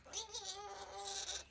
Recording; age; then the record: pig call; piglet (1 to 25 days)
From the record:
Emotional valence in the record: negative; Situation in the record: restrain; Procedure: back test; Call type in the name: high-frequency call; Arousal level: medium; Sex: male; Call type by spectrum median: high-frequency call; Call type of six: high-frequency stable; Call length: 1.50 s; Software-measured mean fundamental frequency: 203 Hz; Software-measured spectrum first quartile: 2307 Hz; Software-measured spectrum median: 4616 Hz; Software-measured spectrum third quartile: 7266 Hz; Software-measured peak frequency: 795 Hz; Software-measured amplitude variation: 164 dB a second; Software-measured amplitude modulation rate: 18.7 a second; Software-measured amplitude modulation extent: 8.8 dB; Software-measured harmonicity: 3.1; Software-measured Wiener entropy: -1.60